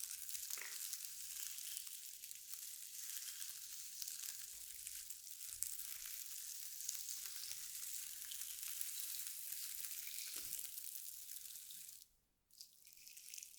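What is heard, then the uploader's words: Slime being squished and worked, a dense, steady crackling hiss concentrated in the bright upper range, much like frying. Occasional soft low pops appear near 0.5, 5.5 and 10.5 seconds. Around 12 seconds the sound briefly drops out almost completely, then resumes. NO TALKING Satisfying Slime Triggers.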